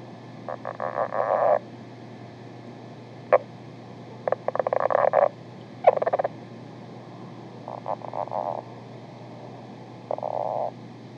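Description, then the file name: Lowland leopard frog uttering repeated bursts of fast grating pulses and single clicks, some rattles louder, others softer, with steady low hum throughout. "ryavapaiensistu"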